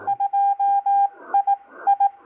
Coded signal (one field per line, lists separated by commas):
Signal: Morse code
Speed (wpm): 18 wpm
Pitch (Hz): 800 Hz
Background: none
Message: 2 I I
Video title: Why the New BenQ TreVolo U Speaker might be a great accessory to your radios!